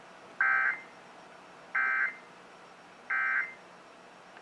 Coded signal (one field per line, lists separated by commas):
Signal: Emergency Alert System (SAME) tones